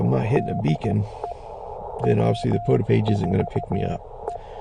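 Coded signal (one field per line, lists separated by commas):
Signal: Morse code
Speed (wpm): 15 wpm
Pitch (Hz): 700 Hz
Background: speech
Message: DE W4E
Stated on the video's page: POTA activation at 5 watts QRP on a Penntek TR45L with a Bamatech TP III key, rough band conditions.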